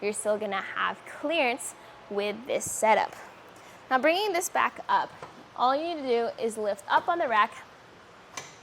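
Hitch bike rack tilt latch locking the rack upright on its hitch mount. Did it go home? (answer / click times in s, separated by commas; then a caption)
yes / 8.4 s. A RockyMounts Gigawatt RKY37MR two-bike hitch rack, mounted on the hitch of a 2015 Toyota Highlander, is lifted from its folded position up into its upright stowed position while someone talks. The tilt latch on the pivot engages with a sharp click at 8.4 s, locking the rack upright.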